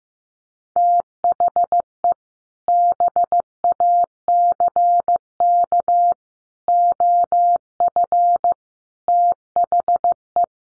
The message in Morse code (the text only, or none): THE BACK OF THE